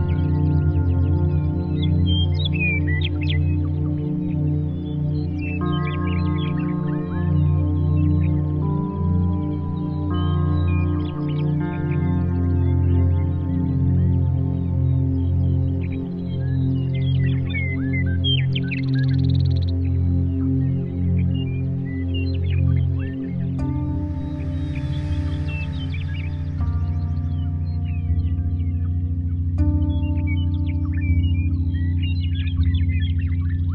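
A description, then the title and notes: Binaural beats: a steady, low humming drone of layered sustained tones fills the whole clip at an even level, with upper tones shifting in pitch every few seconds. Faint bird chirps and soft twittering sound in the background throughout. 528 Hz Sacral Chakra Healing Frequency for Endorphin Release + Binaural Beats.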